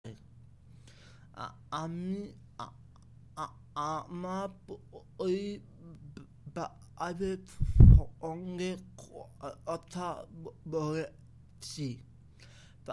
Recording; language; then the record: elicited speech; Bengali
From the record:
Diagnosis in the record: Broca's or global aphasia after a stroke